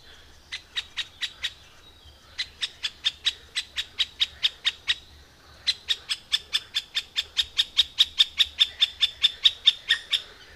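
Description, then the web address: Middle spotted woodpecker giving three fast series of short, harsh repeated notes, with brief pauses between them. "agykontroll Madardalok Cd 1. Közép fakopáncs"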